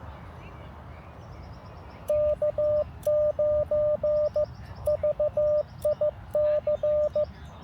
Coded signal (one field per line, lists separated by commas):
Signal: Morse code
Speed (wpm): 14 wpm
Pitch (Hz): 600 Hz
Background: none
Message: K9VIC